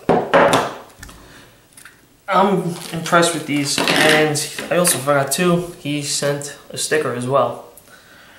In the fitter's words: it's a little loose but it still you still get the positive click on it so I'm